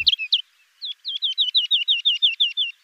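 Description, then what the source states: Woodlark song: a few slurred notes, a short pause, then a fluid run of many repeated descending liquid notes, clear and unaccompanied. Song played back on a cold, windy late-autumn day to evoke a spring morning; species of dry, sandy habitats such as inland dunes and gravel-pit areas.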